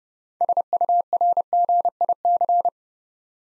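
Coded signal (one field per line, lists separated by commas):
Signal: Morse code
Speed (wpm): 28 wpm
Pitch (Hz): 700 Hz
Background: none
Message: SURGIC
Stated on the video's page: Beginner Morse practice building 8-letter words three letters at a time at 30 wpm, for instant character recognition.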